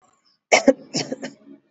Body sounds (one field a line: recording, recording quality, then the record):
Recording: shallow voluntary cough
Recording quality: excellent, no background noise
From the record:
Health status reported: exposed to COVID-19, no respiratory illness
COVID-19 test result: not tested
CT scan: not taken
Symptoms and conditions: none ticked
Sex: male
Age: 20 years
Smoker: no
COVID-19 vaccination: both doses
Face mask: worn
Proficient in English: yes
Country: India